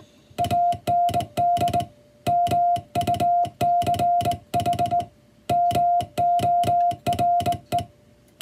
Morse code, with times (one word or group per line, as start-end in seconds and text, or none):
0.4-1.8 AND
2.3-5.0 MUCH
5.5-7.8 MORE